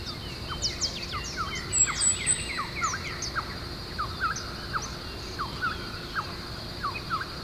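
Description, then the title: Birds chirping: many short downslurred chirps overlap in a busy chorus, with a few thin high whistles, over steady hiss and a constant hum. "LuckyKumpulan SuaraBurung"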